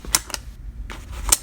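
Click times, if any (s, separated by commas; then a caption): 0.2 s, 1.3 s. A strap buckle on a convertible briefcase is engaged with sharp, loud clicks at 0.2 s and 1.3 s, with softer ticks in between. The buckle locks securely.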